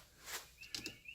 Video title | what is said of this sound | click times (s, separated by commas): Yamaha grizzly 700 wet clutch replacement | There it is. Snaps right in. | 0.8 s